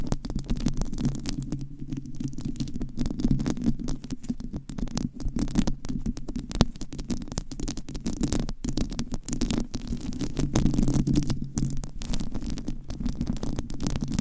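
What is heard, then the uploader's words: Microphone scratching makes a dense, continuous rasp with a heavy low rumble underneath. Quick scraping strokes come in rapid, irregular bursts, flashing bright across the top, with short pauses near six and eight seconds. The sound is steady throughout. ASMR Mic Scratching - Brain Scratching on 10 Different Mics. No Talking.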